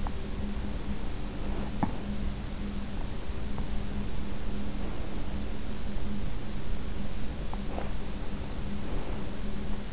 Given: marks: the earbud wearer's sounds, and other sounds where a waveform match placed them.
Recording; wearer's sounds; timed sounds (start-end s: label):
sounds in sleep by an in-ear microphone; teeth grinding, breath
0.00-3.68 s: teeth grinding
7.59-9.47 s: breath